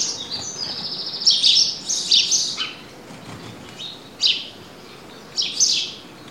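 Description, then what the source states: Birds chirping in short high twittering bursts with gaps between, several phrases spread throughout over a quiet background. Country ambience.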